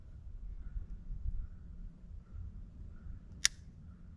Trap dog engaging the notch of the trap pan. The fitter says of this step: you hear that click what that click is